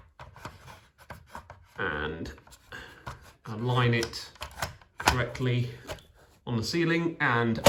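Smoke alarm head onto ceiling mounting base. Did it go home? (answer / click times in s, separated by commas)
no / none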